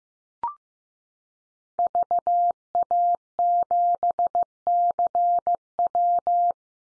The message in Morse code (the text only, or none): VA7CW